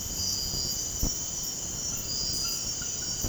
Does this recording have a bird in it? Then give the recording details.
no. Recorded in dense forest near Puerto Asís, Putumayo, Colombia, on 19 February 2024 at 03:30. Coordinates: 0.486, -76.316. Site G6437